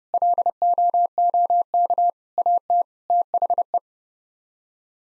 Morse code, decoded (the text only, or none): LOOK AT THE